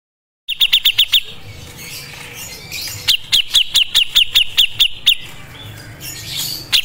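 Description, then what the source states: Grey-cheeked Bulbul, sharp piercing chip notes, first a quick short run, then a slower steady series of about ten chips. Masteran audio, used to train captive songbirds.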